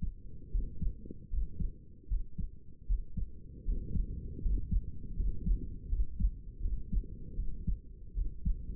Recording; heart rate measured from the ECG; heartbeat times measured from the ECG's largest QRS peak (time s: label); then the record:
heart sounds by stethoscope; 79 bpm
0.51 s: heartbeat
1.29 s: heartbeat
2.08 s: heartbeat
2.86 s: heartbeat
3.64 s: heartbeat
4.41 s: heartbeat
5.15 s: heartbeat
5.88 s: heartbeat
6.61 s: heartbeat
7.36 s: heartbeat
8.14 s: heartbeat
From the record:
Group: healthy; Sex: male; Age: 35 years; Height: 180 cm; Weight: 86.9 kg